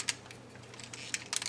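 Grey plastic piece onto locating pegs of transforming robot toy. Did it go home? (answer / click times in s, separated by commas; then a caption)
no / none. A grey plastic block on an FT-59 Sovereign 2.0 transforming robot toy is pressed onto two locating pegs at the root of the blue arc during transformation. Short, sharp plastic ticks and handling sounds come at about 0.1, 1.1, 1.4 and 1.5 s over a low steady hum. Nothing has seated or clicked into place yet.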